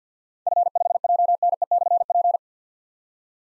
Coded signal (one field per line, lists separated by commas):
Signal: Morse code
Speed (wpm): 50 wpm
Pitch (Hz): 700 Hz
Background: none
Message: F5JNE/P